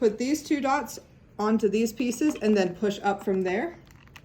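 Someone talks while lining up two dots on the plastic IRRAflow drainage tubing set with the pieces of the drainage console pump, preparing to push the set up into place. A faint, brief tap comes near 4.2 s, but nothing has seated or clicked yet.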